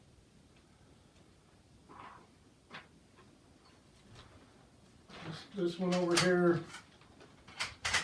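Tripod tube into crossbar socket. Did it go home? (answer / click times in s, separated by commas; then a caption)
yes / 7.9 s. A second tripod tube slides into its crossbar socket on the other side and locks into place with a sharp click at 7.9 s. Someone talks over quieter handling sounds before it.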